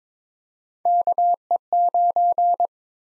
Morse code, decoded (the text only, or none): KE9